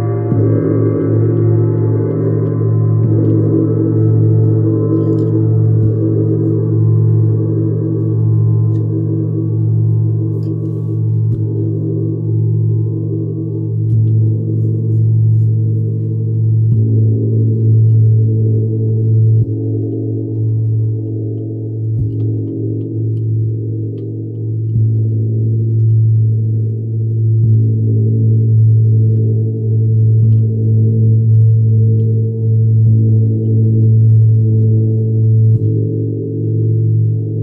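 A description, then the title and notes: A gong and Tibetan singing bowls ring together in a long, sustained drone, thick with low, steady tones. The upper overtones fade over the first ten seconds while the deep hum holds, swelling faintly with soft repeated strikes or rubs every few seconds. Sacred Healing with Venus Gong and Sacred Yoni Tibetan Singing Bowls.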